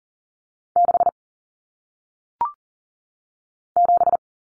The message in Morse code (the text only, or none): 6 7